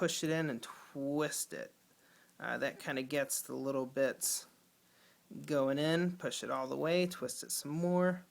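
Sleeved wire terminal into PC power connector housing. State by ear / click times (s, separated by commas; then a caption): not seated / none. A sleeved wire terminal is pushed into a PC power connector housing and twisted while someone talks throughout. Only speech is heard, with no distinct click. The sleeved pin has not yet gone fully home in the connector, and nothing has seated or clicked yet.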